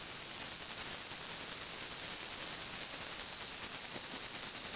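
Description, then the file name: Cicadas giving a continuous high-pitched buzzing hiss, even in loudness from start to finish. Insect noise recorded at Fort Matanzas. "phb. insect noise at ft matanzas"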